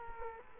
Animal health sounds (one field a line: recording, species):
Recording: mosquito wingbeat signal from an infrared sensor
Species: Culex quinquefasciatus